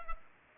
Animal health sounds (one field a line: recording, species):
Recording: mosquito wingbeat signal from an infrared sensor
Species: Culex pipiens